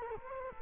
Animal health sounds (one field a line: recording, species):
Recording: mosquito wingbeat signal from an infrared sensor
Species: Culex quinquefasciatus